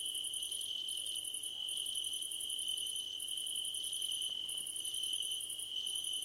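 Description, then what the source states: A chorus of crickets: shrill sustained trilling plus rhythmic bursts of rapid high chirps separated by short pauses. Crickets calling at night under a starlit sky.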